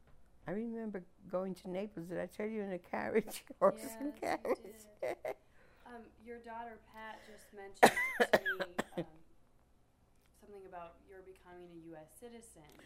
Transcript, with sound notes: I remember going to Naples, did I tell you, in a carriage, a horse and carriage? (laughs)
You daughter Pat just mentioned to me something about your becoming a US citizen.